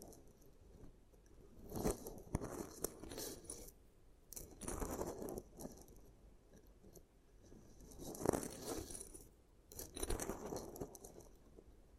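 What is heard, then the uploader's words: Crisp tinkling and rustling of small hanging objects comes in bursts around two, five, eight and ten seconds over quiet hiss. ASMR Tingling Hanging Triggers to Help You Sleep in 30 Minutes (No Talking).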